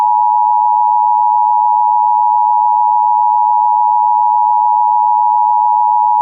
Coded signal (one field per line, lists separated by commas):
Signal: Emergency Alert System (SAME) tones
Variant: 853 and 960 Hz attention tone